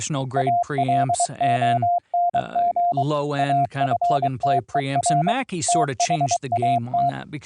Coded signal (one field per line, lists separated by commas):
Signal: Morse code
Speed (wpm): 23 wpm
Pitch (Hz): 700 Hz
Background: speech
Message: ALONG AFTER THAT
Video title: Python APP for a VLF 12Khz AM modulated Transmitter & Receiver - VOICE & CW over iP - Live DEMO